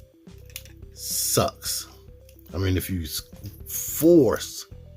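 The plastic chest panel of a Transformers Legacy Breakdown Deluxe Class transforming robot action figure is being handled as it is forced toward its torso, with small plastic handling ticks around 0.5–0.6 s over soft background music while someone talks. The panel resists, and nothing has seated or clicked yet.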